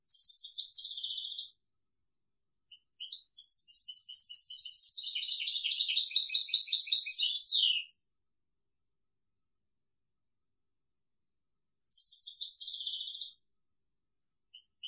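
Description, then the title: European goldfinch song: a short tinkling burst, then a long rich jumble of chirps and trills, silence, and another short twittering phrase. "Chant Chardonneret"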